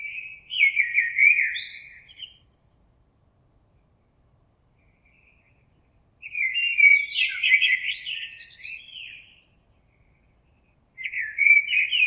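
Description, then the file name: Common blackbird song: mellow warbled phrases followed by thin high twitters, three phrases separated by silent pauses of about one and a half to three seconds. Recorded on 26 April 2022. "Merle 2022 04 26"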